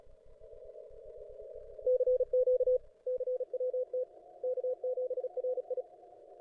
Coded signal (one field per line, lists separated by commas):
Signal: Morse code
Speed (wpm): 38 wpm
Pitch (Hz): 500 Hz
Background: radio noise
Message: CQ CWT K7RI